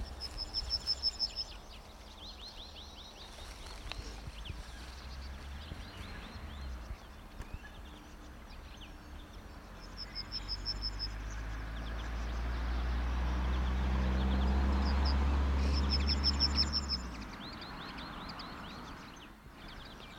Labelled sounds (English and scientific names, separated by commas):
Yellowhammer (Emberiza citrinella)